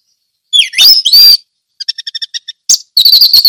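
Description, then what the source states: Orange-headed thrush singing whistled slurred notes, then a quick series of short chirps and a fast trilled burst. Ngeplong song style.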